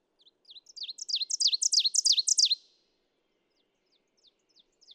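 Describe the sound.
Ovenbird singing a rapid series of high, ringing paired notes that build to a loud climax, followed by a few faint, scattered notes.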